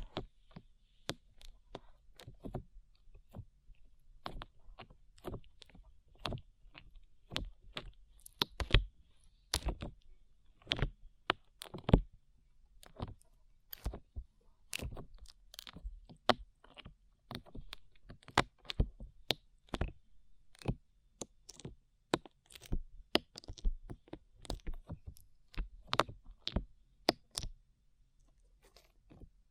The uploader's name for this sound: ASMR SLIME